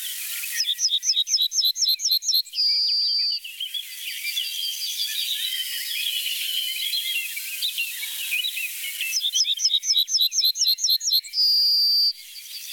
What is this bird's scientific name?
Emberiza citrinella